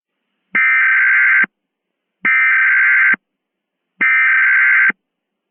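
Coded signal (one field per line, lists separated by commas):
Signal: Emergency Alert System (SAME) tones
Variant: header bursts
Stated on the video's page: Fictional mock EAS scenario using Microsoft Sam text-to-speech voice.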